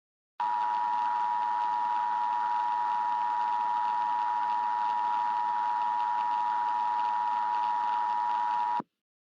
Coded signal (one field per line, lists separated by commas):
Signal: Emergency Alert System (SAME) tones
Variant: 853 and 960 Hz attention tone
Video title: EAS Scenario #9: Hot Jupiter